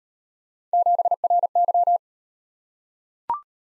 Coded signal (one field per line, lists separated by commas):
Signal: Morse code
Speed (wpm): 36 wpm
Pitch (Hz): 700 Hz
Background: none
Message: 7RY